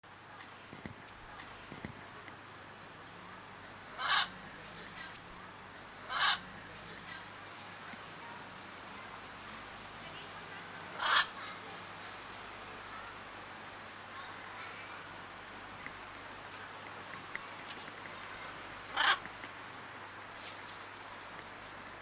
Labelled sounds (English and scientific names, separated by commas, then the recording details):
Blue-and-yellow Macaw (Ara ararauna) call
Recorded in captivity
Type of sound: call
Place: Tiergarten Wilhelma/Stuttgart, Baden-Württemberg, DE
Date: 2004-10-03 15:17
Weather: bedeckt - heiter, 17°C
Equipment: Sony WM-D6C, Sennheiser ME 80, Kopie Uher 4000 Report Monitor
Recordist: Tembrock, Günter
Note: Gelbbrustara: Rufe